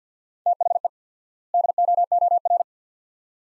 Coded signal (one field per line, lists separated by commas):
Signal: Morse code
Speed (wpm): 50 wpm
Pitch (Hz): 700 Hz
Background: none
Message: THE DOOR